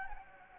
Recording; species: mosquito wingbeat signal from an infrared sensor; Anopheles gambiae